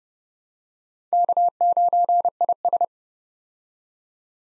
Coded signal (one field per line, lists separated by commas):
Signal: Morse code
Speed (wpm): 30 wpm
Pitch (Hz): 700 Hz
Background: none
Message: K9IS